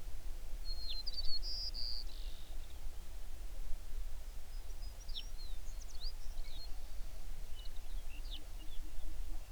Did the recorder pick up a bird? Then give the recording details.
yes. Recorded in the Prudhoe Bay oil fields, Alaska, on 11 June 2019 at 05:20. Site 21